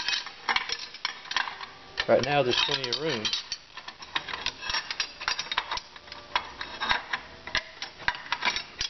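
An output shaft snap ring is slipped by hand toward its groove in a partly assembled HydraMatic 440-T4 / 4T60 automatic transmission while someone talks. Short, sharp metallic clicks and clinks of handling are heard throughout. Nothing has seated or clicked into place yet.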